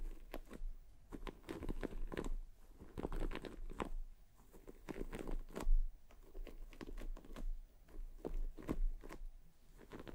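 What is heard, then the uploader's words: Crisp scratching and brushing strokes of hair being brushed and a scalp being massaged, coming in quick clusters with brief pauses. The rustles are bright and textured, with occasional soft thumps. ASMR Let me massage your scalp and brush your hair (1 HOUR No Talking).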